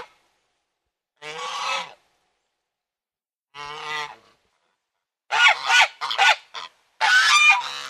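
Domestic goose honking: two separate nasal honks, then a burst of quick, rougher clipped honks near the end.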